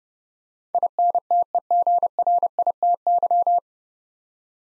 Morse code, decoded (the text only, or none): INTEGRITY